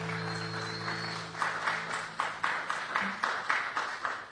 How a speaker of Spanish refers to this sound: Volvemos a aplaudir a estos jóvenes talentosos